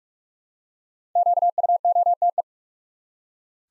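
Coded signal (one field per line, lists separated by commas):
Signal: Morse code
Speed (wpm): 44 wpm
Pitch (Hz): 700 Hz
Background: none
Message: QUOTE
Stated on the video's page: Morse practice drill at 45wpm building 5-letter words one letter at a time for instant character recognition.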